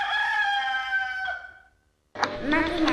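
A rooster lets out one long, strident crow that wavers and tapers off, followed by a moment of silence before another loud, harsh burst of sound starts abruptly.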